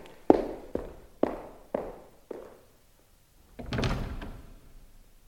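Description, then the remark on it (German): Five firm footsteps of a man leaving thud in a steady, slowing rhythm, then after a short pause he swings the door shut with a soft, muffled close rather than a slam. “Er hat nicht mal die Tür geknallt.”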